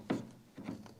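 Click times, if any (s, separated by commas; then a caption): none. A part is lined up and handled against a BMW X5 headlight assembly, on which it can only fit one way. A sharp knock at 0.1 s is followed by softer scraping and rubbing contact. Nothing has seated or clicked yet.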